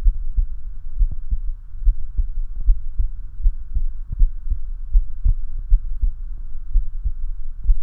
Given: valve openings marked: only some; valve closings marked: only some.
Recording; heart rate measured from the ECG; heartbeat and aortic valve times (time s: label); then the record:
heart sounds by stethoscope; 71 bpm
0.08 s: heartbeat (ECG mark)
0.13 s: aortic valve opens (echo mark)
0.39 s: aortic valve closes (echo mark)
1.02 s: heartbeat (ECG mark)
1.07 s: aortic valve opens (echo mark)
1.34 s: aortic valve closes (echo mark)
1.89 s: heartbeat (ECG mark)
1.94 s: aortic valve opens (echo mark)
2.21 s: aortic valve closes (echo mark)
2.70 s: heartbeat (ECG mark)
2.74 s: aortic valve opens (echo mark)
3.02 s: aortic valve closes (echo mark)
3.46 s: heartbeat (ECG mark)
3.52 s: aortic valve opens (echo mark)
3.78 s: aortic valve closes (echo mark)
4.22 s: heartbeat (ECG mark)
4.28 s: aortic valve opens (echo mark)
4.53 s: aortic valve closes (echo mark)
4.96 s: heartbeat (ECG mark)
5.01 s: aortic valve opens (echo mark)
5.29 s: aortic valve closes (echo mark)
5.74 s: heartbeat (ECG mark)
5.77 s: aortic valve opens (echo mark)
6.05 s: aortic valve closes (echo mark)
6.77 s: heartbeat (ECG mark)
6.82 s: aortic valve opens (echo mark)
7.08 s: aortic valve closes (echo mark)
7.70 s: heartbeat (ECG mark)
From the record:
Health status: healthy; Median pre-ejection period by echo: 50 ms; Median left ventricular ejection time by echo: 272 ms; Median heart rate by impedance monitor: 72 bpm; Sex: male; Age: 19 years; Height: 170 cm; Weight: 63 kg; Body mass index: 21.80